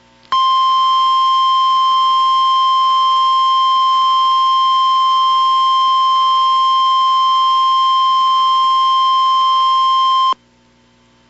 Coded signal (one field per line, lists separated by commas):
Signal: Emergency Alert System (SAME) tones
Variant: 1050 Hz attention tone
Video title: EAS Alert #3: Tornado Warning (4/9/15)